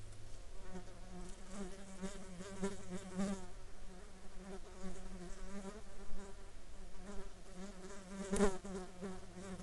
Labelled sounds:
insects
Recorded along the Dalton Highway, Alaska, on 9 July 2019 at 12:12
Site 09

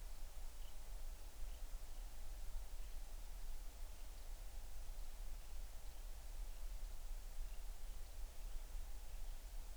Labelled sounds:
bird
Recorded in the Arctic National Wildlife Refuge, Alaska, on 20 July 2019 at 02:35
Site 38

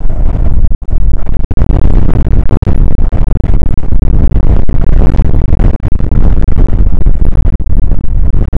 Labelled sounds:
wind
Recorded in the Prudhoe Bay oil fields, Alaska, on 29 May 2019 at 00:03
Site 25

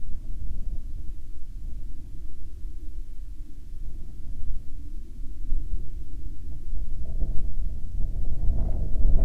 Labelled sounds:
aircraft
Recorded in the Prudhoe Bay oil fields, Alaska, on 16 July 2019 at 06:48
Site 13

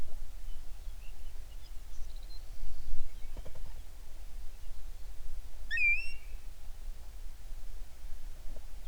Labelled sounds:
songbird
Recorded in the Prudhoe Bay oil fields, Alaska, on 11 June 2019 at 05:10
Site 21

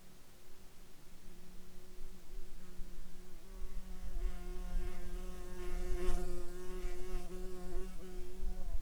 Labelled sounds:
insects
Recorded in Ivvavik National Park, Yukon, on 7 July 2019 at 04:01
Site SINP09

